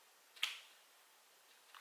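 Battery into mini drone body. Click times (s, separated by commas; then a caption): 0.4 s. A battery is pushed into the plastic battery bay of a Parrot mini drone, and a sharp, short snap is heard at 0.4 s as it clicks into place, seated. A faint second tick follows near 1.8 s.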